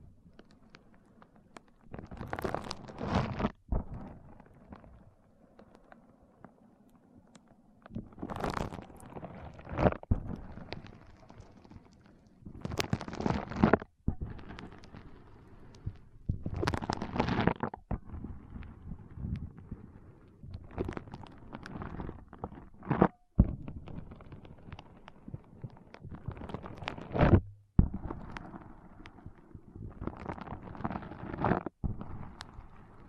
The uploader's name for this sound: ASMR Powerful Foam Brain Massage